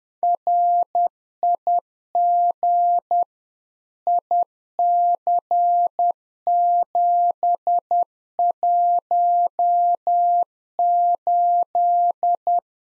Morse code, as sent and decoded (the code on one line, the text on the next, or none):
.-. .. --. / .. -.-. --... .---- ---..
RIG IC718